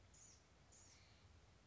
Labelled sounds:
Bewick's Wren
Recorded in Sonoma County, California

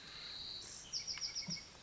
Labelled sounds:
Bewick's Wren
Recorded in Sonoma County, California

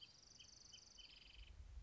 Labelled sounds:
Wrentit
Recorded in Sonoma County, California

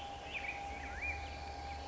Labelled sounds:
Black-headed Grosbeak
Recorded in Sonoma County, California

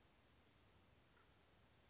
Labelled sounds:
Chestnut-backed Chickadee
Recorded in Sonoma County, California

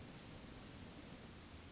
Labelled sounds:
Pacific Wren
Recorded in Sonoma County, California

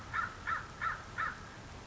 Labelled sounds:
American Crow
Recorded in Sonoma County, California

